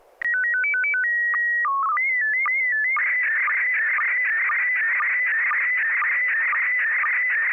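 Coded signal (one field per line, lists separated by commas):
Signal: SSTV (slow-scan television)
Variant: PD 120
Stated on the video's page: Morse ident heard on an FM repeater on 441.300 MHz in Sacramento during a weekly SSTV net, using MMSSTV software.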